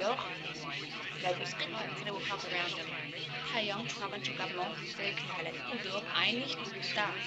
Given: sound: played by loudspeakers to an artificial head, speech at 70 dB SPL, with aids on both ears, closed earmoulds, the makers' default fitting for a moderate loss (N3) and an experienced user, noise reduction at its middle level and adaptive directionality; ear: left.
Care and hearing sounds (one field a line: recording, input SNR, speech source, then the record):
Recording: speech test signal (ISTS) in cocktail-party noise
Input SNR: -3 dB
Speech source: in front (0 degrees)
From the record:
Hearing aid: class 1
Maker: F